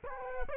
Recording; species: mosquito wingbeat signal from an infrared sensor; Culex quinquefasciatus